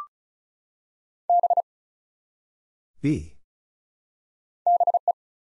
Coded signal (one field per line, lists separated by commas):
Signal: Morse code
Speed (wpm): 36 wpm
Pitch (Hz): 700 Hz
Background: none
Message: B BE